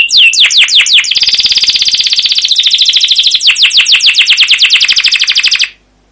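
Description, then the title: Canary giving several downslurred notes that run into a fast buzzy roll of rapidly repeated notes, then more rapid downslurred notes, stopping abruptly into silence. Canary song used as a lure (pancingan) to train other canaries; described as gacor, long, with cuit cuit notes and ngerol rolling phrases. "CUIT CUIT NGEROL LANGSUNG GACOR PANJANG Kenari Ini AMPUH Utk Pancingan KENAR Masteran Suara Burung Kenari Gacor Panjang cuit cuit Ngerol untuk Pancingan Kenari!"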